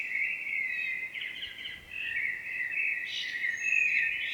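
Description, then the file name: Common blackbird song, with unbroken mellow warbling and a higher squeaky flourish toward the end. "Turdus merula"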